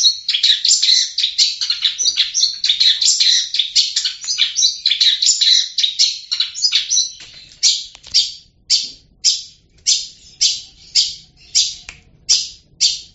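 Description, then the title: Long-tailed shrike song: a dense, fast, scratchy chattering warble, then from about seven seconds a regular run of harsh clipped notes. "cendet"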